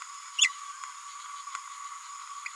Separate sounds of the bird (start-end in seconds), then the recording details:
0.38-0.48. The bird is a female. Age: 28 days. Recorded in a nest box in Venezuela. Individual 17B102A5